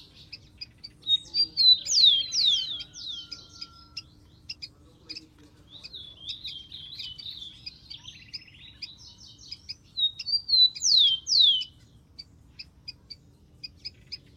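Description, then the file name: Rufous-collared sparrow: bursts of quick, descending whistled notes twice, about nine seconds apart, with high chipping in between. "canto do tico tico"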